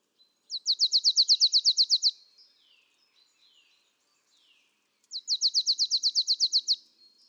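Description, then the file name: Marsh tit producing two fast runs of sharp, high, evenly paced notes, with a few faint soft calls between the runs. "Poecile palustris"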